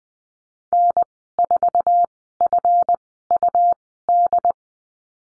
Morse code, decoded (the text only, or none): N4FUD